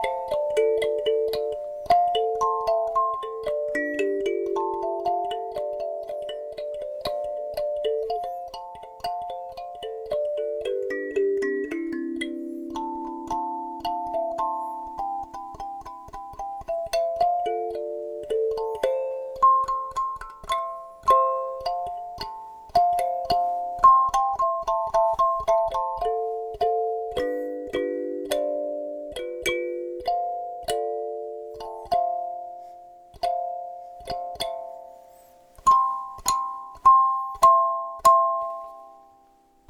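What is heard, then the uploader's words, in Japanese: A kalimba is played for the whole stretch, its plucked metal tines ringing in short, bright notes that overlap and decay. The melody moves at a moderate, fairly even pace, dipping to lower tones in the middle before climbing higher toward the end. カリンバの音色。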